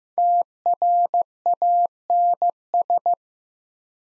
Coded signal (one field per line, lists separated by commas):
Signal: Morse code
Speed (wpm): 15 wpm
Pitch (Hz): 700 Hz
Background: none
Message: TRANS